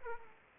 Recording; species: mosquito wingbeat signal from an infrared sensor; Aedes aegypti